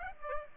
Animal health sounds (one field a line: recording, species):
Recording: mosquito wingbeat signal from an infrared sensor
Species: Aedes aegypti